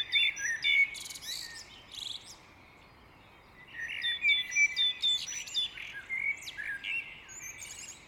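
Great tit calls: a scatter of high chirps, brief buzzy notes and thin whistles in two groups, calm in between.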